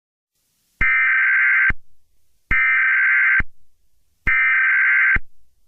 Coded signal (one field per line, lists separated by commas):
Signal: Emergency Alert System (SAME) tones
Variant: header bursts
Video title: Tornado Emergency on Long Island (EAS SCENARIO) #easalarm #easalert #easscenario #warning